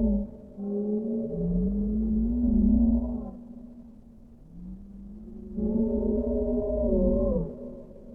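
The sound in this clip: Whale song with a long, gently rising moan, a quieter gap, then another swelling harmonic phrase that bends up and down before fading.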